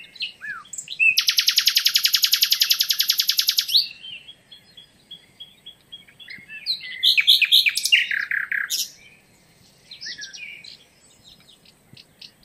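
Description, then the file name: Common nightingale song: a loud, fast rattling trill lasting several seconds, followed by varied sweeping whistles and chirps with short gaps. "Luscinia megarhynchos"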